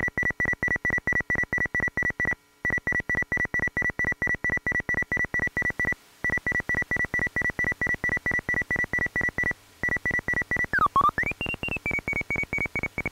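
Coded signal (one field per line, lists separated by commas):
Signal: none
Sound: synthesizer music tones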